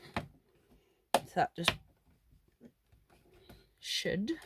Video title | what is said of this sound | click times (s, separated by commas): New sea monkey kingdom & weekly maintenance #theoriginalseamonkeys #aqaudragons #seatures | click into place, but there is an airline in the way, so that may not actually properly click. | 1.2 s